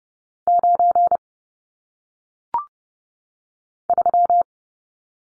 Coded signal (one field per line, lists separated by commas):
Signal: Morse code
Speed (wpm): 30 wpm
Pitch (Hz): 700 Hz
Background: none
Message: 9 3